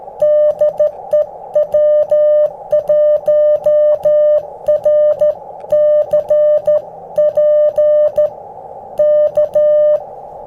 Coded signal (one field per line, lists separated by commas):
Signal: Morse code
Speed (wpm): 14 wpm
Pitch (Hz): 600 Hz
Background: music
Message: DE W1RCP K